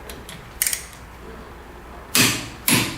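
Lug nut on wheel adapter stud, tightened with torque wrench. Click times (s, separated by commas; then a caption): 2.2 s, 2.7 s. A preset torque wrench tightens a lug nut on a wheel adapter stud in increments, with faint short ticks and a brief sharp burst near 0.6 s. The wrench clicks sharply at its setting at 2.2 s and again at 2.7 s, confirming the nut is torqued correctly.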